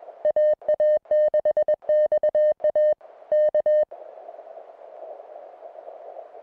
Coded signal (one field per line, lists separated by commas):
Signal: Morse code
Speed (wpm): 21 wpm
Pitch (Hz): 610 Hz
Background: none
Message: AA6XA K